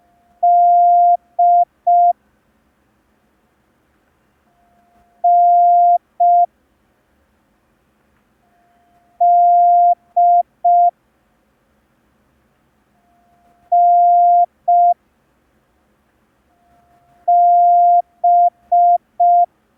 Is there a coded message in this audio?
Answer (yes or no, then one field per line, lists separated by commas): yes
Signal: Morse code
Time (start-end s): 0.4-19.4 s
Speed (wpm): 5 wpm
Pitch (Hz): 700 Hz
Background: none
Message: D N D N B